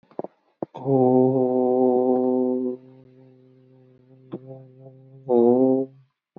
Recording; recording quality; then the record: sustained vowel as in boot; excellent, no background noise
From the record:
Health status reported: healthy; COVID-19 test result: not tested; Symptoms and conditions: none ticked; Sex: male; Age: 39 years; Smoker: not ticked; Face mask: worn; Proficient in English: yes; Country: India